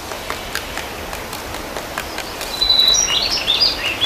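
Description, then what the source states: Woodpecker tapping wood in quick, fairly even knocks, about four per second, with thin high bird chirps joining in the second half. Woodpecker excavating a hole in a tree.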